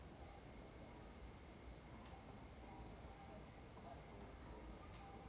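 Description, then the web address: Cricket chirping, six high buzzy bursts at slightly uneven intervals over a steady high background drone. Marked, rhythmic calls; recorded at Alto Paraíso de Goiás, Brazil. "Cigarras e grilos marcados e ritmicos. local alto-paraiso-de-goias"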